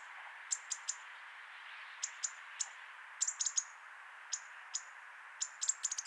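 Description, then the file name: European robin giving sharp, high tick notes, singly and in short bursts, over a faint continuous hiss. "Erithacus rubecula"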